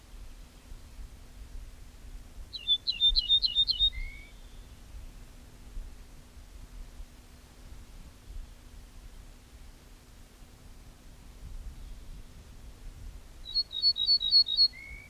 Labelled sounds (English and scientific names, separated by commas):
Ortolan Bunting (Emberiza hortulana) song